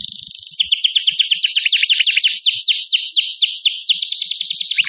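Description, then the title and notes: Atlantic canary sings a continuous run of fast, repeated slurred whistles, downward-sweeping notes tumbling over one another in a lively, unbroken stream. Used as a lure to attract birds. "Pikat Burung Baru. kenari"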